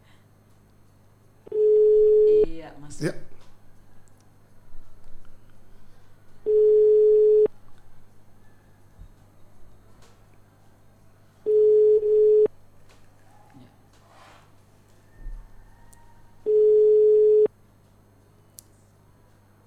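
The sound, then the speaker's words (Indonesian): A phone call placed during a radio broadcast rings out unanswered: four steady, mid-pitched ringback tones, each about a second long, repeat at even intervals over a low hum, with brief murmured speech between the first rings. “Halo, kita tunggu. Ya, sepertinya tidak diangkat dan atau mungkin terpencet.”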